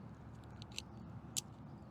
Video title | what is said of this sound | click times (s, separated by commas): This Climbing Tool Made Climbing a Lot EASIER! ISC UltraLink (SAFETY ALERT READ DESCRIPTION) | when you hear the click it's locked in place so now we're locked on so | 1.4 s